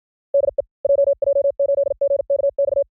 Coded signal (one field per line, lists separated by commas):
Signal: Morse code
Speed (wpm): 55 wpm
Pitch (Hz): 560 Hz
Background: none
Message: DE JJ8GKX